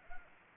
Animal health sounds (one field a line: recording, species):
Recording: mosquito wingbeat signal from an infrared sensor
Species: Anopheles arabiensis